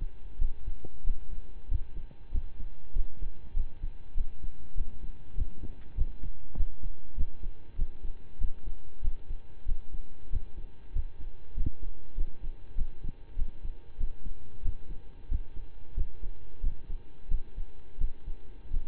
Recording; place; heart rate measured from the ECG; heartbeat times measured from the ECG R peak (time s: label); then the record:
heart sounds by stethoscope; between the tricuspid and mitral areas; 95 bpm
0.38 s: heartbeat
1.03 s: heartbeat
1.68 s: heartbeat
2.31 s: heartbeat
2.93 s: heartbeat
3.53 s: heartbeat
4.14 s: heartbeat
4.74 s: heartbeat
5.34 s: heartbeat
5.94 s: heartbeat
6.54 s: heartbeat
7.14 s: heartbeat
7.75 s: heartbeat
8.38 s: heartbeat
9.01 s: heartbeat
9.65 s: heartbeat
10.29 s: heartbeat
10.92 s: heartbeat
11.54 s: heartbeat
12.14 s: heartbeat
12.75 s: heartbeat
13.35 s: heartbeat
13.97 s: heartbeat
14.61 s: heartbeat
15.27 s: heartbeat
15.94 s: heartbeat
16.60 s: heartbeat
17.27 s: heartbeat
17.97 s: heartbeat
18.70 s: heartbeat
From the record:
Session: slow and fast walking with breaks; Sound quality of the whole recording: saturated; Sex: male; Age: 25 years